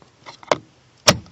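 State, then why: Seated. A plastic trim piece is pushed fully into the sliding door panel of an Odyssey minivan. A few faint taps and a sharp click near 0.5 s lead to a loud, bright latch at 1.1 s as the piece seats all the way in.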